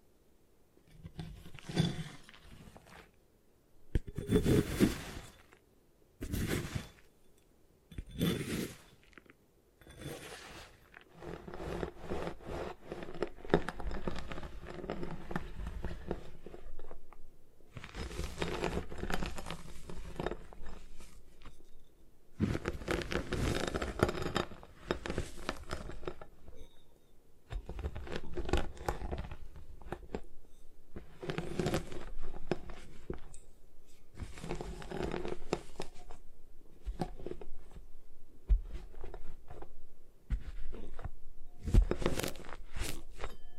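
Gym chalk being destroyed: a block crushed and crumbled in sharp, gritty bursts. The first ten seconds bring separate loud crunches about every two seconds, then the grinding and crumbling turns near-continuous with scraping and rubbing, ending with a few hard snaps near the close.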